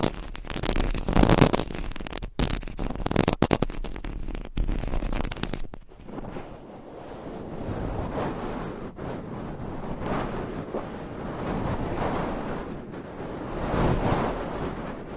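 Rough, crackling mic scratching with abrupt cutouts fills the first six seconds, then gives way to a steadier rushing wash that swells and fades.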